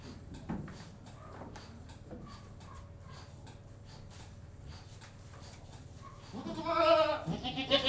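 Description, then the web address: Goat bleating near the end, loud wavering cries after several seconds of quiet shuffling and rustling. General atmosphere inside a goat house. "BBC Sound Effects Library - Livestock 1 General Atmosphere In Goat-House"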